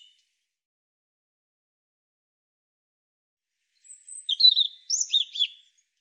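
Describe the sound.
European robin singing one short, high, tinkling phrase of varied warbled and trilled notes after a long quiet stretch.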